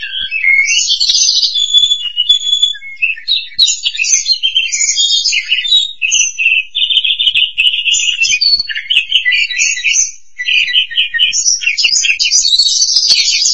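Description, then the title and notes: Starling singing almost continuously: a rich, varied jumble of squeaks, rattles, buzzy trills and whistled notes. "suara burung jalak"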